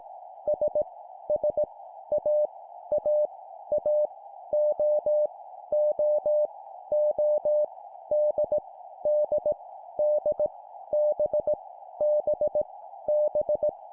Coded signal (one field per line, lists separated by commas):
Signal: Morse code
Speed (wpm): 18 wpm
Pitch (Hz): 600 Hz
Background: none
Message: S S A A A O O O D D D B B B